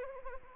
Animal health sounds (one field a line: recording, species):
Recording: mosquito wingbeat signal from an infrared sensor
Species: Anopheles arabiensis